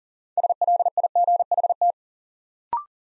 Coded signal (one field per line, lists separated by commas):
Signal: Morse code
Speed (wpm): 40 wpm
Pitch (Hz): 700 Hz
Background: none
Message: SLIGHT